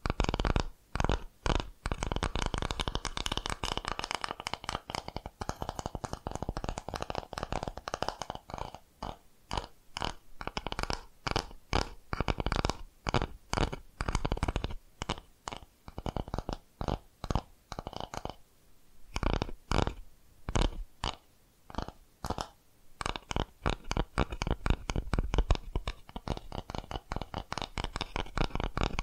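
Rapid tapping runs through the whole recording, dense bursts of quick taps broken by brief pauses, most noticeably near 9, 15 and 19 seconds. The taps are full and thumping with a crisp top, varying slightly in pattern as they shift between spots.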